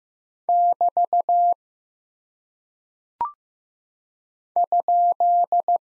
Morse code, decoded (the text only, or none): <BT> ?